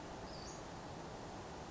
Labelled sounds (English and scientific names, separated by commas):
Western Flycatcher (Empidonax difficilis)